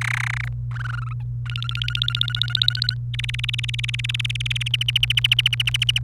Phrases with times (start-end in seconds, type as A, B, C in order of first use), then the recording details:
0.01-0.48 A, 0.71-1.13 B, 1.46-2.94 C, 3.14-4.68 D, 4.74-5.99 E. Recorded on 28 April 2018 at 11:20. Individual llb3